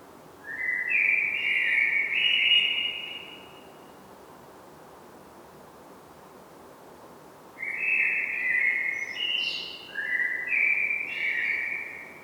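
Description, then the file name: Common blackbird with two fluted, warbling song phrases separated by a few seconds of quiet, the second including thin, higher squeaky notes. "Turdus merula"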